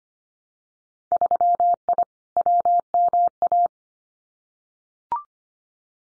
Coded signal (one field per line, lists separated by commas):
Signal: Morse code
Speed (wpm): 25 wpm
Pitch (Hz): 700 Hz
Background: none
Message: 3I WMA